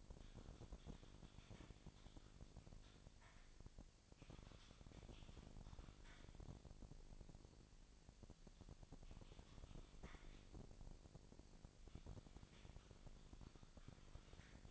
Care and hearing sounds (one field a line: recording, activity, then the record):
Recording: daily activity, microphone in the room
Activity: typing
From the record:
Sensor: 5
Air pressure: 999.3 hPa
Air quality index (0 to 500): 229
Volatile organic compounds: 24 ppm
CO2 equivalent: 2798 ppm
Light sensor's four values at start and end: 33/78/31/30 and 33/78/31/30